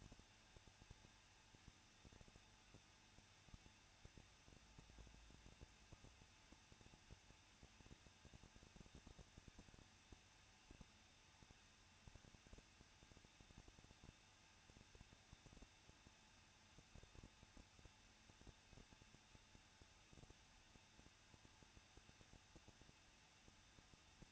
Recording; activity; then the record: daily activity, microphone in the room; no activity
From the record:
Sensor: 2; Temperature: 21.0 degrees Celsius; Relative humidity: 37.6%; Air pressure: 1006.2 hPa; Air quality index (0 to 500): 224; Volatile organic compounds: 25 ppm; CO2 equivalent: 2847 ppm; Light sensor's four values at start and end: 2/3/2/2 and 2/3/2/2